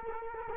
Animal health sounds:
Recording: mosquito wingbeat signal from an infrared sensor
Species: Culex quinquefasciatus

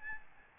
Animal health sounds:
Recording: mosquito wingbeat signal from an infrared sensor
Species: Aedes albopictus

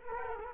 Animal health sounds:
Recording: mosquito wingbeat signal from an infrared sensor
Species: Culex quinquefasciatus

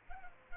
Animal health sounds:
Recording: mosquito wingbeat signal from an infrared sensor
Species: Culex pipiens

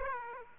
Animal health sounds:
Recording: mosquito wingbeat signal from an infrared sensor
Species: Aedes aegypti

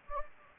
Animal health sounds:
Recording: mosquito wingbeat signal from an infrared sensor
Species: Anopheles gambiae

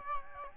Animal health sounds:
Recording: mosquito wingbeat signal from an infrared sensor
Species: Aedes albopictus

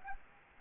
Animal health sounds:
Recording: mosquito wingbeat signal from an infrared sensor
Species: Anopheles arabiensis

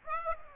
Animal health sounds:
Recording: mosquito wingbeat signal from an infrared sensor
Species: Aedes aegypti

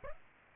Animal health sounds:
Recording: mosquito wingbeat signal from an infrared sensor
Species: Aedes aegypti

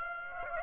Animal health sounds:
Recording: mosquito wingbeat signal from an infrared sensor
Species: Aedes aegypti

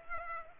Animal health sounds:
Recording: mosquito wingbeat signal from an infrared sensor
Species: Culex pipiens

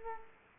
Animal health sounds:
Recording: mosquito wingbeat signal from an infrared sensor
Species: Culex quinquefasciatus

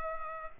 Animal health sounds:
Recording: mosquito wingbeat signal from an infrared sensor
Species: Culex pipiens

